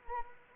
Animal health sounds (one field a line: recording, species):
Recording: mosquito wingbeat signal from an infrared sensor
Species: Anopheles arabiensis